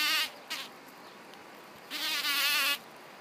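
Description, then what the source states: Bumblebee wing buzz, two brief bursts followed by a longer steady drone lasting nearly a second, over faint background hiss. Bumblebee buzzing on flowers.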